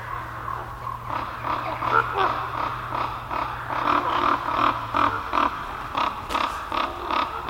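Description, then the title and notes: Ravens in a busy chorus of rough, throaty croaks, overlapping and repeated rapidly throughout, with a low hum in the first part that stops partway. Several ravens calling over their roost in a forest. "Ravens Over Their Roost In The Forest by Red Bull Music Academy"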